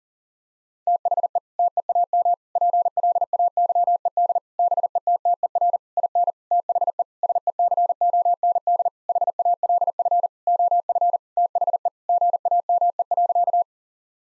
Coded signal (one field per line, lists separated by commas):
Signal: Morse code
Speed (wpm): 37 wpm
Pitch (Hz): 700 Hz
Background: none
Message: THE TEAM PLAYED BETTER IN THE SECOND HALF OF THE GAME.